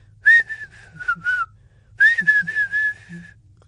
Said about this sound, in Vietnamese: Nhưng sau 1 đến 2 tháng thì bạn có thể vừa lái xe vừa hít sáo.